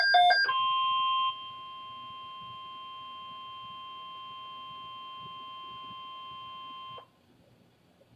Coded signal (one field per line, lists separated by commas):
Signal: Emergency Alert System (SAME) tones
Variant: 1050 Hz attention tone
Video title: EAS Alert #280 (Severe Thunderstorm Watch #92)